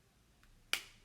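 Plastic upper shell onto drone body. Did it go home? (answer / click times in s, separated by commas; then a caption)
yes / 0.7 s. A replacement plastic upper shell is lined up on a DJI Spark drone body and pressed down until it stops. A faint tick at 0.4 s is followed by a single sharp snap at 0.7 s, which decays quickly. The shell is seated in place.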